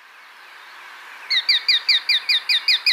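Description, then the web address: Plain-breasted hawk in a steady, evenly spaced series of sharp, slightly downslurred kek notes, about five each second, beginning after a quiet moment. Recorded in Ecuador. "Birds of Ecuador. Plain-breasted Hawk"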